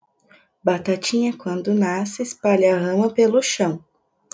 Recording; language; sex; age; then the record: short text; Brazilian Portuguese; female; 20 to 29 years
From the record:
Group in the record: control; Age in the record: 23 years